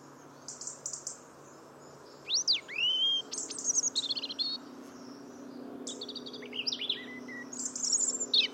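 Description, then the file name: European robin song of high sweeping whistles and thin scratchy notes in varied phrases, over a noticeable low humming background. "Erithacus rubecula"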